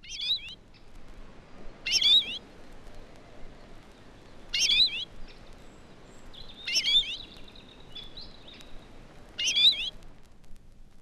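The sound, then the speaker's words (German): A bird gives an excited, high-pitched three-syllable contact call after hearing others of its species nearby, repeated about five times at irregular intervals of roughly two seconds, each call a quick cluster of chirpy notes over faint background hiss. “In der folgenden Aufnahme kommt die gesteigerte Erregung desselben Vogels in einem dreisilbigen Lockruf zum Ausdruck.”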